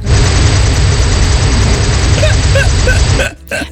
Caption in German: Klingt es vielleicht nach einem Flug mit einem Hubschrauber oder irgendeiner Straße, wo irgendwie Bauarbeiten sind. Spielt sich das mitten in der Nacht. Ich habe eine neue Smartwatch und die zeichnet auch das Schnarchen auf. in Nacht 1 habe ich angeblich 11 Minuten geschnarcht.